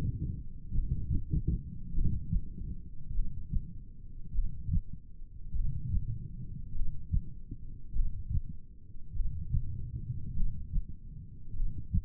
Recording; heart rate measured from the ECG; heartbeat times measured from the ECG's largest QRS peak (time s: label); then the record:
heart sounds by stethoscope; 50 bpm
0.75 s: heartbeat
1.96 s: heartbeat
3.16 s: heartbeat
4.35 s: heartbeat
5.56 s: heartbeat
6.76 s: heartbeat
7.97 s: heartbeat
9.17 s: heartbeat
10.37 s: heartbeat
11.57 s: heartbeat
From the record:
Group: heart failure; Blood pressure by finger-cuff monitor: 112/55 mmHg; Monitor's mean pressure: 72 mmHg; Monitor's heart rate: 50 bpm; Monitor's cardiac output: 4.8 L/min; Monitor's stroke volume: 97 mL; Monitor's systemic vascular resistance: 1080 dyn s/cm5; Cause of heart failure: cardiac sarcoid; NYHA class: 1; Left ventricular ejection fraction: 39%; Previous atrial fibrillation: present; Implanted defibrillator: present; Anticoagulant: apixaban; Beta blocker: carvedilol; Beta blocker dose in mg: 50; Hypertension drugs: ramipril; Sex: male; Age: 79 years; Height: 184 cm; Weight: 92.5 kg